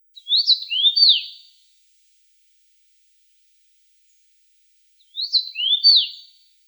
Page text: Чечевица обыкновенная (Carpodacus erythrinus) - Пение